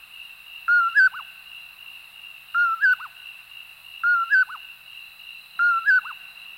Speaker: Like its relatives, it seems to whistle its own name, poorwill or poorwillip